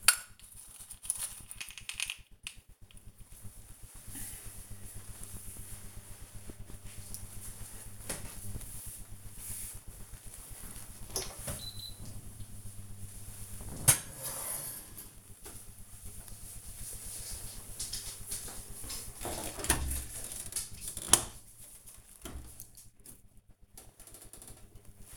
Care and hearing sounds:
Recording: household activities, microphone on the right wrist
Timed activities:
9.19-25.17 s: baking

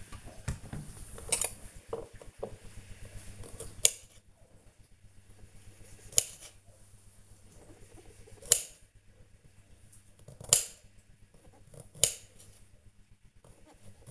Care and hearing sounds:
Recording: household activities, microphone on the right wrist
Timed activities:
1.94-14.11 s: cutting vegetables

